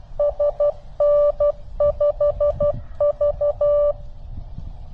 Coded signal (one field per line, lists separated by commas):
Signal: Morse code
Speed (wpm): 22 wpm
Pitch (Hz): 590 Hz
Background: none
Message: SN5V